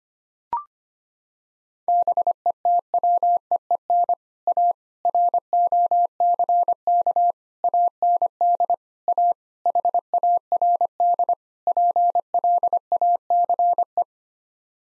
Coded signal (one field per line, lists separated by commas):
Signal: Morse code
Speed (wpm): 25 wpm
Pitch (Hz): 700 Hz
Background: none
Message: BETWEEN A ROCK AND A HARD PLACE